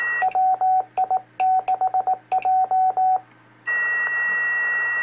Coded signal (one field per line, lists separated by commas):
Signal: Morse code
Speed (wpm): 18 wpm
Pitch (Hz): 750 Hz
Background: radio noise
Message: WI6J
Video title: 2 Meters Demonstrated (Ham Radio)